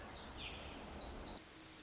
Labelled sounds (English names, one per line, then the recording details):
Pacific Wren
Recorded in Sonoma County, California